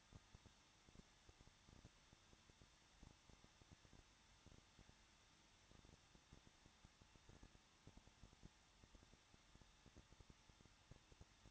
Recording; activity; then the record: daily activity, microphone in the room; no activity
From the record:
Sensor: 3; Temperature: 21.2 degrees Celsius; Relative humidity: 36.3%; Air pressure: 1006.2 hPa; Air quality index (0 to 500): 222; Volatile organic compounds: 42 ppm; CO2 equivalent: 3175 ppm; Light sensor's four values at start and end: 2/3/2/2 and 2/3/2/2